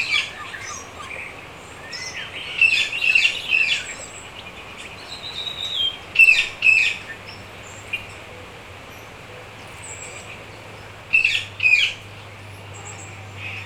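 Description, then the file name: Birds calling in a mixed chorus: repeated sharp squawks and chirps in clustered bursts every few seconds, with a faint steady low hum underneath. Birds in a rainforest. "Sound Effects Library - Birds in a Rain Forest"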